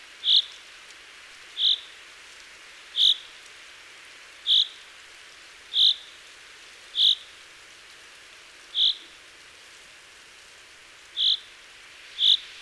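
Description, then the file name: Common chaffinch calling: short, sharp, high notes repeated at uneven gaps, several in all, over a steady soft hiss. "Fringilla coelebs"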